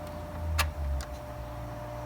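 A ratchet handle, part #7, is pressed down over the square shaft of the strap winder on a Yeats appliance dolly, against a steady low hum. A single soft knock is heard at 1.0 s as the handle seats fully on the shaft.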